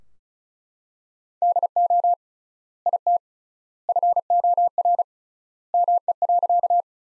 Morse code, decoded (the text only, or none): DO IT FOR ME.